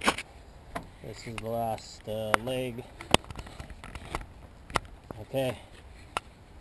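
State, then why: Seated. Someone talks while the last folding leg of a table is pushed out against its locking bracket, with a few light knocks and taps along the way. At 6.2 s the lock snaps home with a single sharp hit, and the leg is locked in place.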